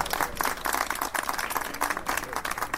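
A crowd applauds steadily for a few seconds, a dense, crackling wash of many hands clapping at once, at moderate volume with small surges, with no one speaking over it.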